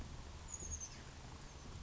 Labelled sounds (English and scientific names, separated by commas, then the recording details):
Oak Titmouse (Baeolophus inornatus)
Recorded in Sonoma County, California